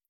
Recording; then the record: hydrophone in a shrimp aquaculture tank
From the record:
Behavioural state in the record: feeding